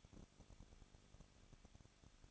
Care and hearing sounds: daily activity, microphone in the room; no activity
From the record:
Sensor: 4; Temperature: 23.1 degrees Celsius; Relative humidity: 34.3%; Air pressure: 1007.2 hPa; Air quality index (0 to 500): 212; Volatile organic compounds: 14 ppm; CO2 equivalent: 2452 ppm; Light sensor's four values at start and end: 2/3/1/1 and 2/3/1/1

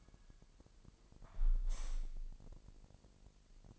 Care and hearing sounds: daily activity, microphone in the room; close window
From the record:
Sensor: 5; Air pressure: 1000.0 hPa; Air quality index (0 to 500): 246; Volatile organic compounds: 33 ppm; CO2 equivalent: 3020 ppm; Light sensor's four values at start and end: 34/80/32/31 and 34/80/32/30

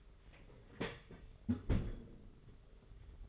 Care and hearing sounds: daily activity, microphone in the room; close fridge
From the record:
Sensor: 4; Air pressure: 991.8 hPa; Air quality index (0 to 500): 101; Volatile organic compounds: 13 ppm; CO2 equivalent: 2386 ppm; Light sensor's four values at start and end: 19/61/23/23 and 20/63/24/24

